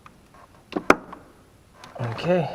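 On a Chevy Cobalt, the clutch hydraulic line's quick-connect end is slid onto the new clutch master cylinder and pushed in; a couple of faint knocks at about 0.7 s lead into a sharp, loud click at 0.9 s. The connector seats and locks in, and someone talks afterward.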